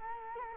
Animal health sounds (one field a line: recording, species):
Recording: mosquito wingbeat signal from an infrared sensor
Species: Culex quinquefasciatus